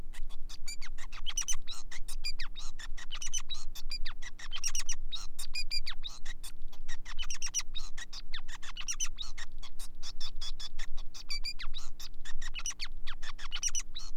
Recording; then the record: song of a male Bengalese finch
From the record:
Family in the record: son of father 5